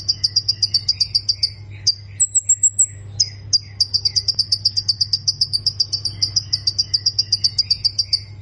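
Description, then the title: Plain prinia producing quick, even series of sharp high chirps, interrupted by a short thin trill, while a low hum continues. "Ciblek Sawah"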